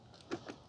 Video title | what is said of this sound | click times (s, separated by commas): QIEWA Q POWER 2 Electric Scooter Review Filmed in 4K - Plus $50 Discount - Dualtron Killer? | it snaps into place and there's a lever here just to ensure that it's nicely safe and locked | 0.3 s